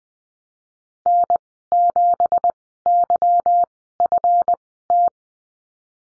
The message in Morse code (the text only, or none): N7YFT